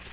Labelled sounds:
Black-throated Green Warbler flight call

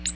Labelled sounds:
Ovenbird flight call

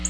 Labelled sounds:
Black-throated Blue Warbler flight call

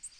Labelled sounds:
Tennessee Warbler flight call

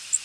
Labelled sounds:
Blackburnian Warbler flight call

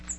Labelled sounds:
Cape May Warbler flight call

